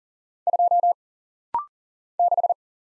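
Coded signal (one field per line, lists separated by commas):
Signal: Morse code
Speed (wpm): 40 wpm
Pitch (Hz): 700 Hz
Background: none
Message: 2 6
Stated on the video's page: Rapid-fire 40wpm Morse practice of single letters, numbers, punctuation and prosigns, sent, spoken, then sent again for instant character recognition drill.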